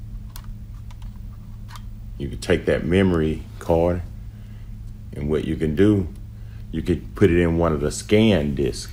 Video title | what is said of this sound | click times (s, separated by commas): How To Record And Upload Videos From Your Sony Handycam HDR CX405 Camera To Your Computer | I'll push it in and you're gonna hear it click it's gonna come out | 0.4 s